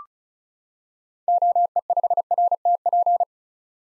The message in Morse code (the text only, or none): OE5RTP